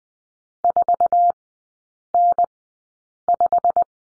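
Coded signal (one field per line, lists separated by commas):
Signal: Morse code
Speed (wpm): 20 wpm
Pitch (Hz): 700 Hz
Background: none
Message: 4N5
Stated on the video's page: Morse course lesson on three-character groups with the number 5, Farnsworth speed 20/10 wpm.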